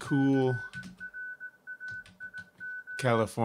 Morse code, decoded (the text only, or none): CRAIG